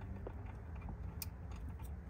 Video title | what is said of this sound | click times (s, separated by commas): Calibrating New Tires with the AEV ProCal Snap | they both clicked | 0.3 s, 1.2 s